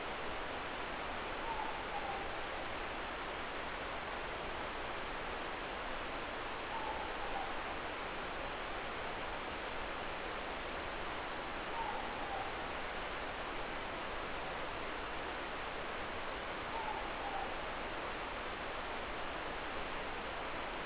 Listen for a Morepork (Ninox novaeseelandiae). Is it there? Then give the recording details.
yes. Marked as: faintness 4/5. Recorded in New Zealand. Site Eglinton